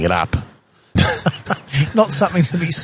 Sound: laughs